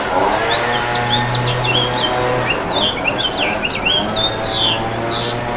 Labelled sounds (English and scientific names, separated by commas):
House Finch (Haemorhous mexicanus) song